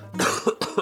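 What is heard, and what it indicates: An adult man with a stuffy, nasal voice gives a quick run of about three short, harsh coughs in under a second, each burst sharp and noisy, with a brief gap between them. It is an isolated cough, like a throat-clearing interruption, heard in a quiet small room.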